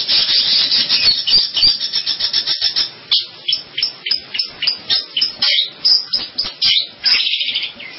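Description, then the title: Long-tailed shrike singing a rapid chatter of harsh, high notes, breaking into separate clipped chirps repeated several times a second toward the end. "Kicau Burung Pentet"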